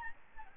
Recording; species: mosquito wingbeat signal from an infrared sensor; Aedes albopictus